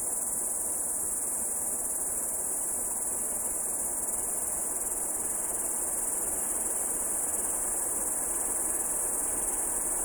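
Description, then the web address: Steady high cricket trilling runs unbroken from start to finish, accompanied by a broad rushing background noise. The recordist's own crickets. "sounds my crikets"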